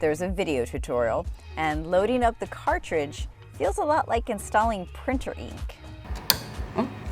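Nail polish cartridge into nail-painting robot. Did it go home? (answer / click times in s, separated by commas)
yes / 6.3 s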